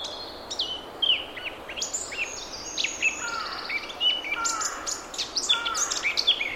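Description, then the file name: Eurasian blackcap warbling song, a continuous jumble of varied whistles and scratchy notes, with lower whistled notes mixed in. "Sylvia atricapilla"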